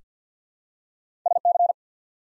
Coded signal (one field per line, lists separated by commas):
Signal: Morse code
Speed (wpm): 48 wpm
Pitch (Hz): 700 Hz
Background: none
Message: SC